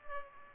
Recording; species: mosquito wingbeat signal from an infrared sensor; Culex pipiens